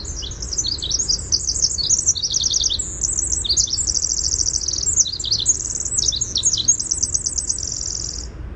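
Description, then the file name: Winter wren song, a long, rapid tumble of very high, tinkling trills and buzzy runs that continues without pause, over a faint low background rumble. "WIWR song"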